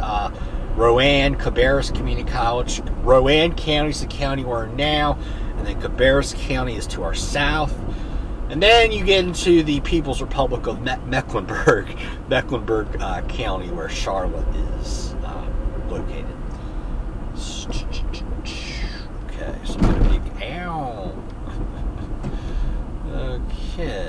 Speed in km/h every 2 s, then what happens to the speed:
58, 58, 55, 56, 56, 55, 55, 55, 53, 52, 52, 42.
0-20 steady at about 55. 20-22 brakes to 42.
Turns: none.